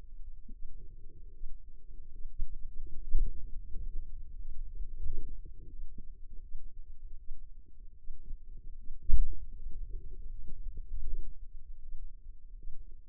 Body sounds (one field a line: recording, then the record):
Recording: forearm muscle sounds (acoustic myography)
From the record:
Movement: finger pinch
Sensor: system 2, bracelet of six BSWA MPA416 microphones around the upper forearm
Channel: 2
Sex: female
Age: 25 years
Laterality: right